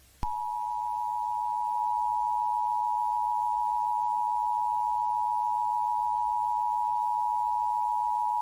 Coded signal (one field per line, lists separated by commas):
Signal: Emergency Alert System (SAME) tones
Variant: 853 and 960 Hz attention tone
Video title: [EAS Scenario] Anti-Melody | Part.1